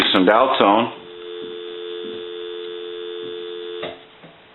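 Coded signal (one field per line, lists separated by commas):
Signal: telephone call progress tone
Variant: North America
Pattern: dial tone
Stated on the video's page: Heard during checkout and repair of a Bell rotary payphone.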